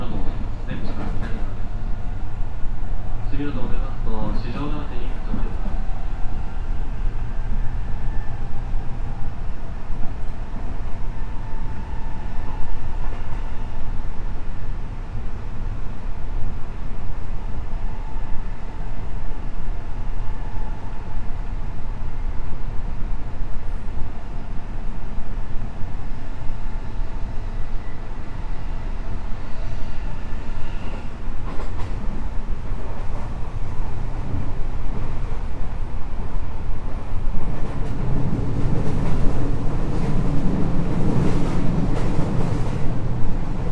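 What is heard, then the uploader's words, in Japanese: Running sound recorded aboard a 207 series electric train: a steady, dense low rumble with a faint motor whine throughout. Brief rattles and clanks come near the start and again around the half-minute mark, and the rumble deepens and grows heavier toward the end. JR西日本 207系電車 学研都市線快速 京橋から木津まで。西日本旅客鉄道207系電車の走行音です。学研都市線の快速列車で録音しました。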